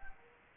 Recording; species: mosquito wingbeat signal from an infrared sensor; Anopheles arabiensis